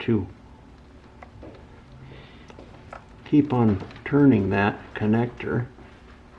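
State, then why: Not seated. A single-pin keyed motor wire connector on the rear wheel motor wiring is turned by hand to line it up with its mating connector while someone talks. Faint handling ticks are heard around 1.2, 2.5 and 2.9 seconds. Nothing has seated or clicked yet.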